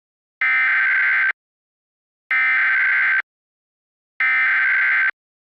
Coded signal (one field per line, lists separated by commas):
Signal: Emergency Alert System (SAME) tones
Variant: header bursts